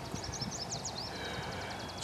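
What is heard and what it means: Someone lines up the two holes of a sign post leg and starts a locking pin into them, getting ready to squeeze it in with pliers. Soft low handling bumps sit under steady outdoor noise and repeated high chirps. Nothing has seated or clicked yet.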